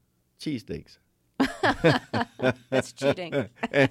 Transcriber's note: laughter